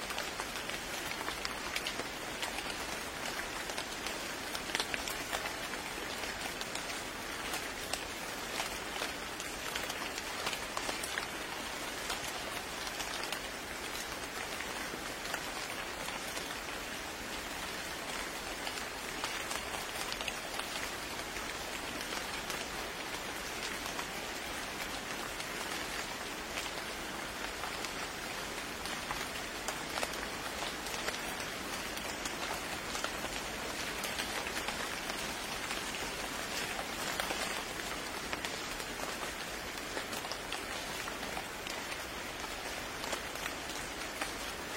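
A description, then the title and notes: Rain falls steadily and densely, a constant patter of countless drops with no letup across the whole stretch. The sound is bright and hissing, concentrated in the upper range, with a soft low rumble beneath and fine crackling taps throughout. The rain is falling, pattering, comfortable, relaxing and deep sleep.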